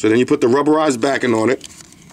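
A rubberized backing is being fitted onto the hard plastic shell of a Samsung Galaxy Note 2 protective case while someone talks for about the first 1.5 seconds. After that, only faint, low-level handling noise remains. The clip ends before the backing locks on, so nothing has seated or clicked yet.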